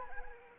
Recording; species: mosquito wingbeat signal from an infrared sensor; Anopheles arabiensis